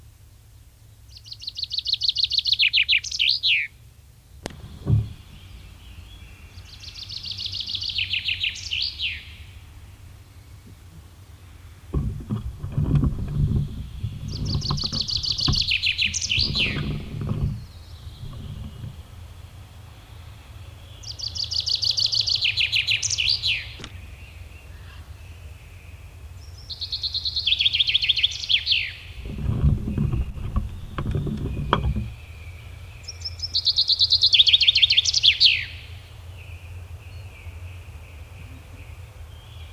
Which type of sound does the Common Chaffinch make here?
song